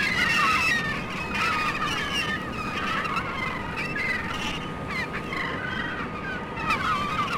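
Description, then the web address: Gull calls, a flock of harsh, wavering cries overlapping continuously above a constant low rumble. Gulls at the Staten Island Ferry. "sea gulls staten island ferry"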